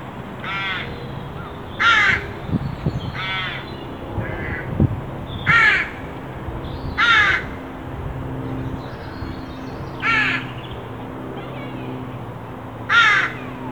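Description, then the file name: Carrion crow giving harsh, grating caws, scattered irregularly throughout over a low rumbling background with a few soft knocks. "Corvus corone"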